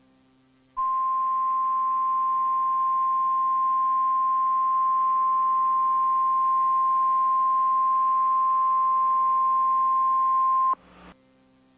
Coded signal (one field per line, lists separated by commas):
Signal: Emergency Alert System (SAME) tones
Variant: 1050 Hz attention tone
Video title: Tiny EAS scenario: Minionese War￼